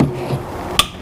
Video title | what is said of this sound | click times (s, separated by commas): PORSCHE BOXSTER 981 GTS SPORTS EXHAUST FIX AND REAR BUMPER REMOVAL DIY | Hear it click. | 0.8 s